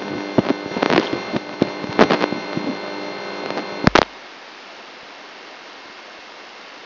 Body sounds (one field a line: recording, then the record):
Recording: brain microelectrode recording played as sound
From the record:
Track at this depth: inside the subthalamic nucleus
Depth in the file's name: 0.006 mm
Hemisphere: left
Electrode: 3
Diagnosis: Parkinson's disease